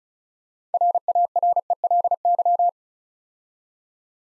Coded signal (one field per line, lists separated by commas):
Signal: Morse code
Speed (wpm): 36 wpm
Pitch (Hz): 700 Hz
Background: none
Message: RARELY